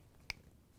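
A plastic wire harness connector is plugged into its mating connector at the door hinge during reassembly of a Whirlpool/KitchenAid/Maytag refrigerator with hinge pin WP61003174. A single sharp, bright snap at 0.3 s marks the connector seating, against faint low background noise.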